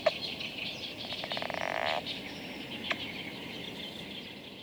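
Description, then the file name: Baillon's crake song: a short dry rattling trill of rapid pulses lasting under a second, over a steady background hiss with a few faint clicks. Song, recorded at 03:15 on 7 June 2022 at Luo Ma Hu, Beijing, China. "2022-06-07-0315-Baillons-Crake-song-Luo Ma Hu"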